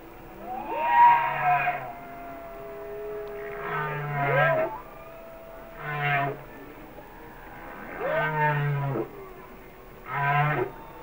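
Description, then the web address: Humpback whale song of a whining cry followed by several short, low, harmonic grunting moans. "Natures Songs Whale Songs Sounds of Nature - Humpback Whales"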